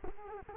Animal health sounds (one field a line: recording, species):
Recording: mosquito wingbeat signal from an infrared sensor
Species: Culex quinquefasciatus